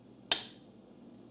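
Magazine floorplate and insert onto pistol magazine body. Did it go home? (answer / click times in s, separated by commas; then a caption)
yes / 0.3 s. A Glock Generation 4 pistol magazine's floorplate and insert are pushed all the way back over the polymer magazine body. At 0.3 s the little nub on the insert snaps into its hole with a single sharp, bright click that rings briefly before fading. The floorplate is seated, and the magazine is reassembled.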